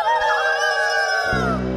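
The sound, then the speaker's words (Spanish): A group of voices whoops battle cries together, loud overlapping yells held steadily for nearly two seconds, with a low droning tone entering near the end. “Escuchen esos indios, tienen ganas de atacar. Escuchen cómo gritan.”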